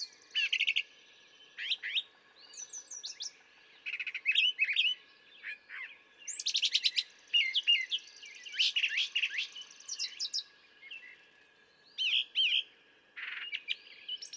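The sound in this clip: Brown thrasher singing a long string of mixed phrases, harsh buzzes, clear slurs and chattery notes, each phrase often given twice before changing, over a thin steady background tone.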